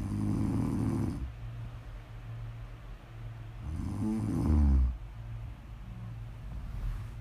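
Two low, rumbling snores from an adult sleeper, about three and a half seconds apart, the second louder with a fluttering, buzzy vibration, over a steady low room hum. It is ordinary snoring, made for ASMR listening.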